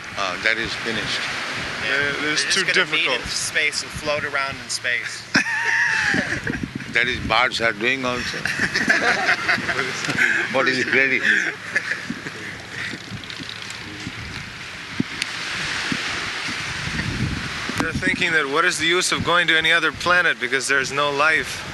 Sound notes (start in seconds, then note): 5.2 laughter; 8.2 laughter